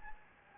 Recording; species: mosquito wingbeat signal from an infrared sensor; Anopheles gambiae